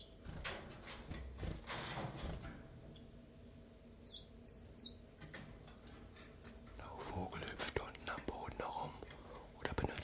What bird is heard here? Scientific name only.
Phylloscopus collybita